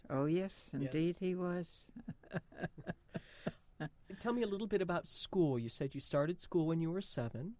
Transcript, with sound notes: Oh, yes, indeed he was. (she laughs)
Tell me a little bit about school. You said you started school when you were seven.